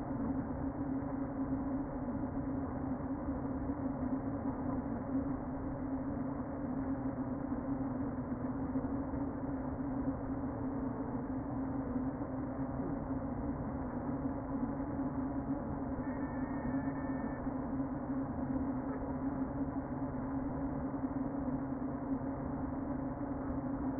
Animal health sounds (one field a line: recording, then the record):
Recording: honeybee colony, microphone inside the hive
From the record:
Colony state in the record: queen present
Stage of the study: before two queens were removed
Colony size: about 60,000 bees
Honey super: yes